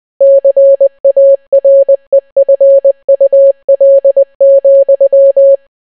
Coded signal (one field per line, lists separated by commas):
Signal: Morse code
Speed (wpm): 20 wpm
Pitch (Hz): 550 Hz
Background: none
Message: CAREFUL,